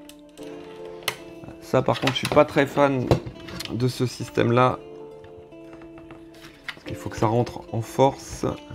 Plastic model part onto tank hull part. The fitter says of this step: ça vient se clipser dessus ça